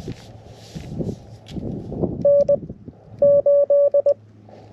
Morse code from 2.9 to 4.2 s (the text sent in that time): 8